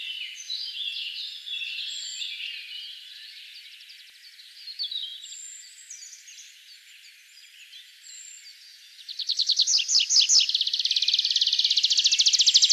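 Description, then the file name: Tree pipit song enters late: a burst of repeated high notes quickening into a dense rattling trill, after a stretch of faint chirping from other birds. Recorded 1 June 2013. "01 06 2013 Baumpieper"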